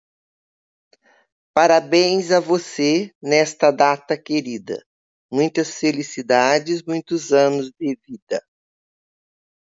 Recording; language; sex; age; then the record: short text; Brazilian Portuguese; female; 70 to 79 years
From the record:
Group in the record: control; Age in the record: 70 years